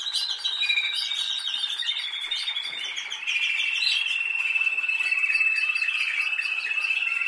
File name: Canary Sound